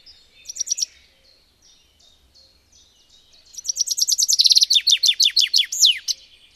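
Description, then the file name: Common chaffinch, song: a short burst of high notes, a near-silent pause with faint chips, then a complete descending, accelerating phrase ending in a terminal flourish. "erdei pinty"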